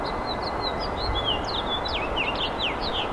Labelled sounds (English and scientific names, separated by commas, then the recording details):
House Finch (Haemorhous mexicanus) song
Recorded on Long Island, New York, on 17 April 2012
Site GW
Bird A